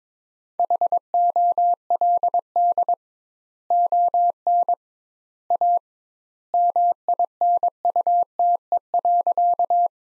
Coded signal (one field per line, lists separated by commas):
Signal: Morse code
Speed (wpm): 22 wpm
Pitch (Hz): 700 Hz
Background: none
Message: HOLD ON A MINUTE.